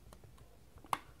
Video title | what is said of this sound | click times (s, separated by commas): Whirlpool front load washer code F5 and E3 | I just locked another one. | 0.9 s